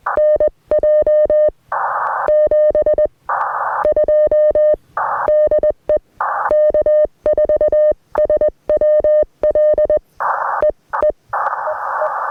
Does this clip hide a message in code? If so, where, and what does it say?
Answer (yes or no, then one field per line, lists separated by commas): yes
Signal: Morse code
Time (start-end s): 0.2-12.1 s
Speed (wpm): 20 wpm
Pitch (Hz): 610 Hz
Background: none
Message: NJ 72 DE K4SWL E E EE